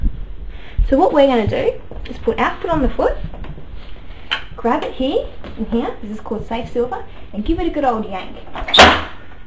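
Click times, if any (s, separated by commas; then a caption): 8.8 s. Someone talks while a Stingray buggy seat is pulled firmly onto the foot of the buggy base with a good yank. A sharp click at 8.8 s is heard as it locks, and the seat is seated on the base.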